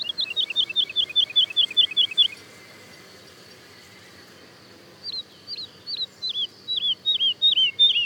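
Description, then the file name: Woodlark song: a fast series of about a dozen clear, slurred high notes, a pause of nearly three seconds, then a slower repeated series of similar downslurred whistles. Daytime song and duet, recorded at Le Puech, France. "alouette lulu chant de jour et duett Le Puech F"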